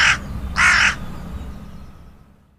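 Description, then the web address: Hooded crow giving two harsh caws, then quiet. "agykontroll Madardalok Cd 2. Dolmányos varjú"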